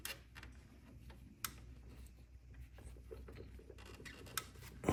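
A spark plug wire boot is pushed onto the terminal of a freshly installed spark plug on the M8 engine of a 2018 Road Glide Special motorcycle. A sharp click at 1.4 s marks the boot seating onto the plug, with softer ticks and handling noise around it and further sharp taps near 0.1 s, 4.4 s and 4.9 s. The boot is fully seated on the plug.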